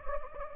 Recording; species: mosquito wingbeat signal from an infrared sensor; Anopheles gambiae